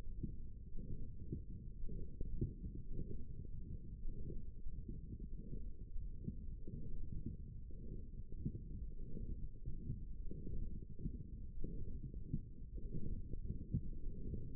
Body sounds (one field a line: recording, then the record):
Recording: forearm muscle sounds (acoustic myography)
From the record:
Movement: forearm supination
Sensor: system 1, eight BSWA MPA416 microphones around the upper forearm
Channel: 1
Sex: male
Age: 23 years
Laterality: right